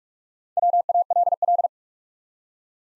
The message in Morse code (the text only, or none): WALL